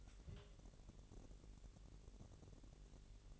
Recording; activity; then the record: daily activity, microphone in the room; take from stove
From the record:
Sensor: 4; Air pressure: 1002.8 hPa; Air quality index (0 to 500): 240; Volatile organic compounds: 10 ppm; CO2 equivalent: 2247 ppm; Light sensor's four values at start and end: 7/16/6/7 and 7/16/6/7